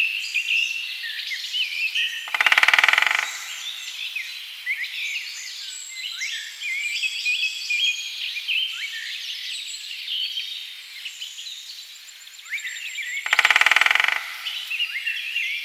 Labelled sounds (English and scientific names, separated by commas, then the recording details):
Great Spotted Woodpecker (Dendrocopos major) drumming
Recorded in the wild
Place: Lilienhof / Kaiserstuhl, Baden-Württemberg, DE
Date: 2003-03-02
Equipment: MiniDisc Sharp MT 20 H, Sennheiser MKH 816
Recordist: Schwarz, Dieter
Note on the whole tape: Drumming